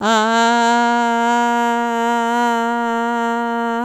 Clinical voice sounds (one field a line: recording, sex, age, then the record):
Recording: sustained vowel /a/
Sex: female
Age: 50 to 59 years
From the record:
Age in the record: 54 years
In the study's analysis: included